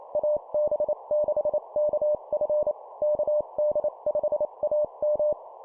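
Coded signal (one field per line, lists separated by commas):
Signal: Morse code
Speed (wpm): 28 wpm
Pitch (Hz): 600 Hz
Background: none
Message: AB6KF KD5AM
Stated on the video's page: Morse call-sign copy practice at 25 wpm for improving CW copy speed.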